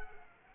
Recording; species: mosquito wingbeat signal from an infrared sensor; Culex quinquefasciatus